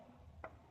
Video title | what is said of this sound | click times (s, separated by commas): Update Tune up on 98 Eclipse GS after engine rebuilt Part 12 | is you hear that click in ok so | 0.4 s